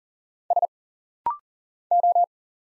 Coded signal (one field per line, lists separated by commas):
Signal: Morse code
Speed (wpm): 40 wpm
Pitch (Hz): 700 Hz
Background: none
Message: S O